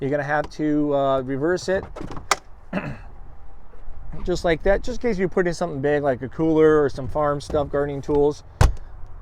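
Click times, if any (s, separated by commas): 8.6 s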